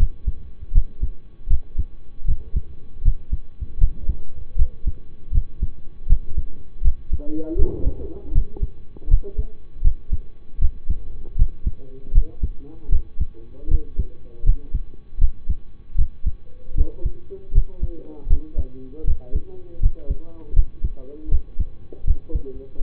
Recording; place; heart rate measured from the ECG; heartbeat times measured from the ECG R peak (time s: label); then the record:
heart sounds by stethoscope; between the tricuspid and mitral areas; 79 bpm
0.72 s: heartbeat
1.48 s: heartbeat
2.25 s: heartbeat
3.02 s: heartbeat
3.78 s: heartbeat
4.56 s: heartbeat
5.32 s: heartbeat
6.07 s: heartbeat
6.82 s: heartbeat
7.56 s: heartbeat
8.32 s: heartbeat
9.08 s: heartbeat
9.81 s: heartbeat
10.59 s: heartbeat
11.36 s: heartbeat
12.12 s: heartbeat
12.89 s: heartbeat
13.68 s: heartbeat
14.43 s: heartbeat
15.18 s: heartbeat
15.95 s: heartbeat
16.75 s: heartbeat
17.52 s: heartbeat
18.27 s: heartbeat
19.04 s: heartbeat
19.80 s: heartbeat
20.53 s: heartbeat
21.29 s: heartbeat
22.04 s: heartbeat
22.79 s: heartbeat
From the record:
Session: rest, lying down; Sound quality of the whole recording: partially saturated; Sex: male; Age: 25 years